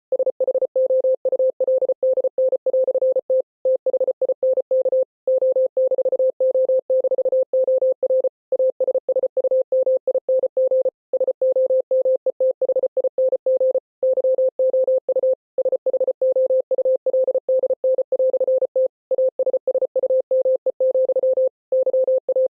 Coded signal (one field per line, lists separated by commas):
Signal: Morse code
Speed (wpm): 33 wpm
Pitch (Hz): 520 Hz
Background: none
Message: SHOULDN"T THINK O-O-OR ASSUMING SOMETHING YOU SHOULDN"T ASSUME, YA